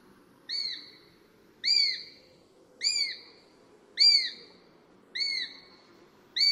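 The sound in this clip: Sparrowhawk giving drawn-out, high, thin squealing calls with a downward bend, evenly spaced, in quiet surroundings.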